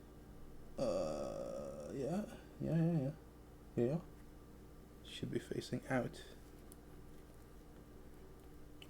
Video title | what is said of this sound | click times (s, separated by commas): Full Live Build HGCE Dagger L + Expansion Set | also really tight it's not all the way in either | 8.8 s